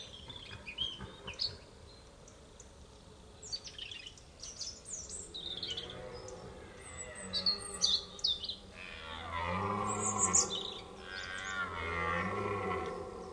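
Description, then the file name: Red deer giving low, moaning bellows in the second half, several long arched groans in a row, while small birds chirp and trill steadily. Stag bellowing during the rut; by Jean-Marc Lhotel. "brame du cerf jeanmarclhotel"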